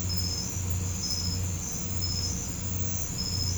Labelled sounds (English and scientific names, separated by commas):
none